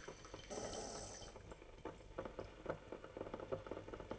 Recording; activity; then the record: daily activity, microphone in the room; make coffee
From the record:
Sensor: 4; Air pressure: 1008.2 hPa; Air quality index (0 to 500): 118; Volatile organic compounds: 1 ppm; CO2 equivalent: 863 ppm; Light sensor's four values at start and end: 11/23/10/10 and 11/23/10/10